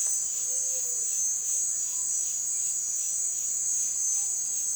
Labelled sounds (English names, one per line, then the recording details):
Pale-vented Pigeon
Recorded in dense forest near Puerto Asís, Putumayo, Colombia, on 20 February 2024 at 17:30
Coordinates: 0.502, -76.326
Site G6460